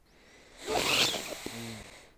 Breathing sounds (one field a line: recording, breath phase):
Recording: one breath near a microphone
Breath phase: inhalation